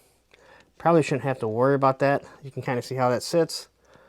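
A plastic piece is handled over a small hexagon peg on an action figure while someone talks throughout, with a faint tick near 0.3 s. The piece has not seated or clicked onto the peg yet.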